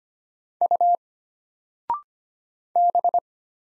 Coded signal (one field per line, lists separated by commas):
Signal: Morse code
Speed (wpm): 25 wpm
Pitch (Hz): 700 Hz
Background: none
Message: U B